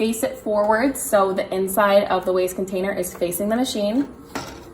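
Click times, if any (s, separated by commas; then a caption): none. Someone talks while a new plastic waste toner container is positioned to slide into a Sharp copier, facing forwards so its inside faces the machine. A brief sharp sound comes near 4.4 s as the talking fades. The container has not seated or clicked into the copier yet.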